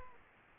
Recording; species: mosquito wingbeat signal from an infrared sensor; Aedes aegypti